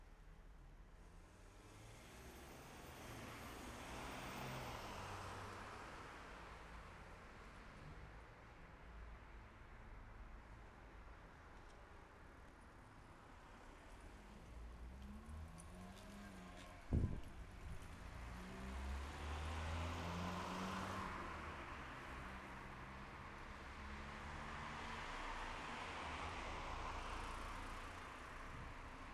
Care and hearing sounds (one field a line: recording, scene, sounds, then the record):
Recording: everyday scene through a hearing-aid microphone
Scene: in traffic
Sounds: traffic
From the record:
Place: city secondary road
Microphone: behind the ear, left, front